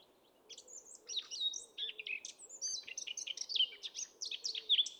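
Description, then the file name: Eurasian blackcap warbling song, a quickening stream of varied chattering and whistled notes ending in louder clear ones, with a faint low humming background. "Sylvia atricapilla"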